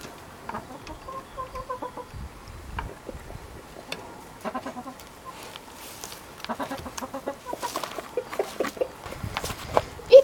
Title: The chickens and the wind indicator - A csirkék és a széljelző